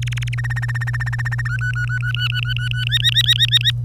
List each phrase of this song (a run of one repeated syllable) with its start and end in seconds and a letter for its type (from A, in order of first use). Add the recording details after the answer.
0.02-0.35 A, 0.38-1.48 B, 1.50-2.84 C, 2.87-3.71 D. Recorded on 25 April 2018 at 08:45. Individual llb3